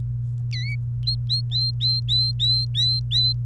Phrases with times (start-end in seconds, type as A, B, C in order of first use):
0.53-0.76 A, 1.03-3.33 B